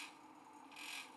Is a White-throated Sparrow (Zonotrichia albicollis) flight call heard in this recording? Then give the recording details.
no. No flight call is heard. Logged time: 09:22 on 5 December 2014